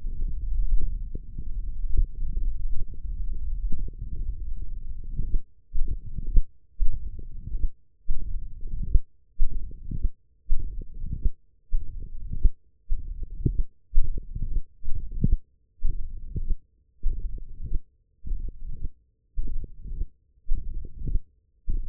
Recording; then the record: forearm muscle sounds (acoustic myography)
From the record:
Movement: hook grip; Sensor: system 1, eight BSWA MPA416 microphones around the upper forearm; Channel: 5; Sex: female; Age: 22 years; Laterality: right